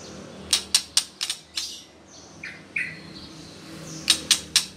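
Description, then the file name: White-rumped shama giving a burst of several hard clicks, then a few short soft notes, and another click burst at the end. Female bird. "murai batu betina"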